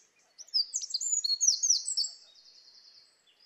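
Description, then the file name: Eurasian wren song: a rapid, high-pitched burst of tumbling notes and short trills, then a softer trill fading out. "Troglodytes troglodytes"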